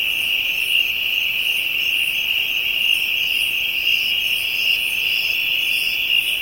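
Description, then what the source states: Insects keep up a continuous shrill hum, overlaid by repeated higher pulsing trills. African insects, ambient soundscape.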